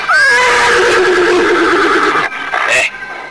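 A horse with a rider seated on it lets out a loud, drawn-out neigh, its pitch sliding and wavering for a couple of seconds before tapering off, followed by a brief breathy snort.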